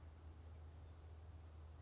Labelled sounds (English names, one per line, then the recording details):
California Towhee
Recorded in Sonoma County, California